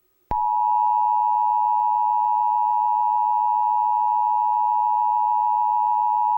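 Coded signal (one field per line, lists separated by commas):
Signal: Emergency Alert System (SAME) tones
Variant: 853 and 960 Hz attention tone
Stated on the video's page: Fictional EAS scenario, simulated.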